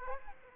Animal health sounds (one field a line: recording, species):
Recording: mosquito wingbeat signal from an infrared sensor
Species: Aedes aegypti